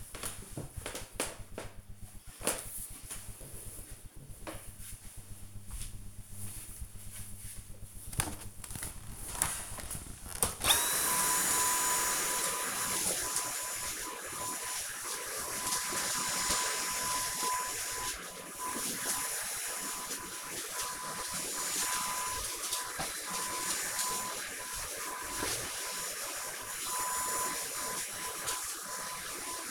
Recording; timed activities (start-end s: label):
household activities, microphone on the right wrist
7.26-29.71 s: vacuum cleaning